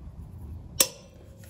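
A click-type torque wrench is turned on a wheel lug nut that was installed with a torque limiting socket, to check it. The wrench gives one sharp metallic click at 0.8 s at its set torque, confirming the setting was reached, followed by faint softer sounds near the end.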